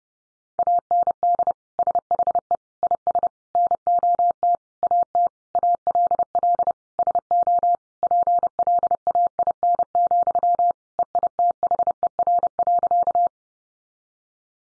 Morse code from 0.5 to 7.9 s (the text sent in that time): AND SHE IS NOT AT ALL SO